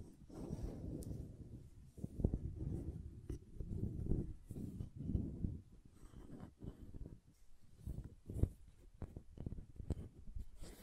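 Tapping and carving on a bar of soap, with dull, low knocks and soft scraping strokes in uneven bursts. Sharp taps stand out near two, four and a half, and eight and a half seconds, with brief quiet gaps between the strokes.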